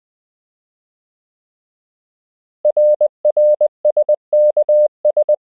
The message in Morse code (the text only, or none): RRSKS